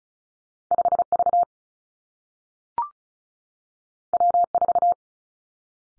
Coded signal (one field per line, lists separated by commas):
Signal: Morse code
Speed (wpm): 36 wpm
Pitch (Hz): 700 Hz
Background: none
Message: 5 V W 4